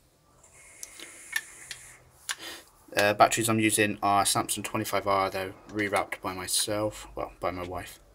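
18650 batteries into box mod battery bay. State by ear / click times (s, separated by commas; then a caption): not seated / none. Rewrapped 18650 batteries are handled and put into the battery bay of an RX200S box mod, with several short, sharp knocks at about 0.8, 1.4, 1.7 and 2.3 seconds. Someone talks from about 3 seconds onward. Nothing has seated or clicked home yet.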